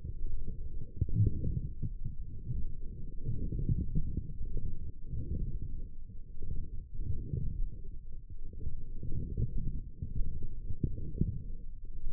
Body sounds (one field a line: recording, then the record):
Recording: forearm muscle sounds (acoustic myography)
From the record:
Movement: forearm supination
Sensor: system 1, eight BSWA MPA416 microphones around the upper forearm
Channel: 3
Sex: male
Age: 20 years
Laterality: left